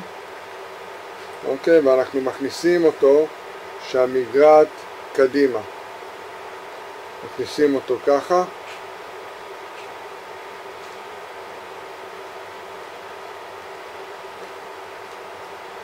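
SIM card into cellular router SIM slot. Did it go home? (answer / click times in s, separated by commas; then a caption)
no / none. A SIM card is handled with its notch facing forward as it is pushed toward the SIM slot of a Tenda 4G cellular router, while someone talks in short bursts between about 1.5 and 8.5 seconds over a steady low background hum. The hum continues alone to the end, and nothing has clicked or seated yet.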